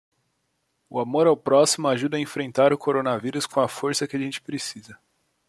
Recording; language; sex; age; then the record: spoken sentence; Brazilian Portuguese; male; 20 to 29 years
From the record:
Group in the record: control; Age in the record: 24 years